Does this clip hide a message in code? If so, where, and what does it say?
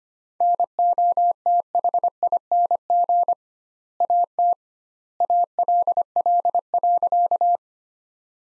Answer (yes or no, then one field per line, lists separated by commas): yes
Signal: Morse code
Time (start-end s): 0.4-7.6 s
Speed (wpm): 25 wpm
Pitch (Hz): 700 Hz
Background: none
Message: NOTHING AT ALL.